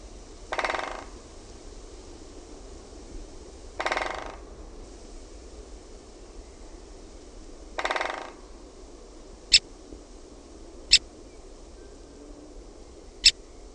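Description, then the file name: Great spotted woodpecker drumming in three short rapid bursts several seconds apart, then three sharp, single clicking calls a second or two apart, over low hum. "KAPYTIKKA"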